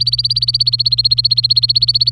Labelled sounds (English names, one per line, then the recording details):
Domestic Canary song
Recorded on 24 April 2018 at 11:22
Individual llb3